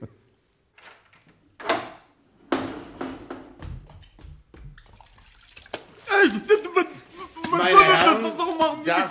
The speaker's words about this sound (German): Also wenn Sie jetzt so gut wären, die Türe ganz leise zu öffnen, um mich, ohne dass er aufwacht, mit diesem Schwamm hier an seinen Wasserkrug zu lassen.